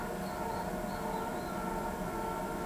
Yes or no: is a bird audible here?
no